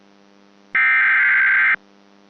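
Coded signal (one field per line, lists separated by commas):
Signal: Emergency Alert System (SAME) tones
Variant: header bursts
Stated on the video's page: Mock EAS alerts, some recreational, from unreleased content.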